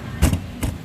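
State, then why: Seated. An aluminium case is lined up with the lock on its mounting plate on a FORZA350 motorcycle and pushed in. A broadband knock near 0.2–0.3 s is followed by a sharp click at 0.6 s as the case seats into the lock.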